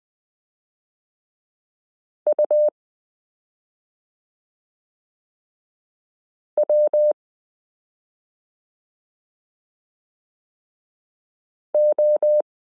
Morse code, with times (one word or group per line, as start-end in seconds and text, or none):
2.3-2.7 U
6.6-7.1 W
11.7-12.4 O